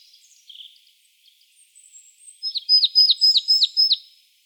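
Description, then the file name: Marsh tit calls: a few soft high notes, then a loud series of five sharp descending chips in quick succession. "Poecile palustris"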